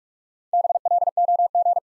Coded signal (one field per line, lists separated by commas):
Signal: Morse code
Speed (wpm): 44 wpm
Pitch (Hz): 700 Hz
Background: none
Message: BLOG